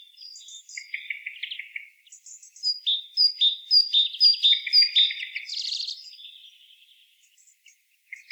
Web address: SETE data Parus major